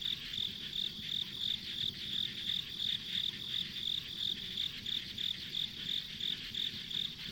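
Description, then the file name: Insect chirping, high and regular at about three pulses a second, over a steady ringing hum and faint low-frequency background. Ambient insect sounds on a rural country road. "田舎道の虫の環境音"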